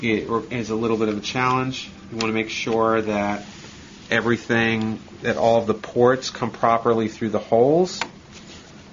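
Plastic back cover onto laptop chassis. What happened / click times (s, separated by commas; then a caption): The cover is being fitted but has not clicked home yet / none. Someone talks while a plastic bottom cover is being fitted back onto a MOBO 1050 laptop chassis, with the ports being lined up through their holes. Only speech is heard; the cover has not snapped into place yet, and nothing has seated or clicked.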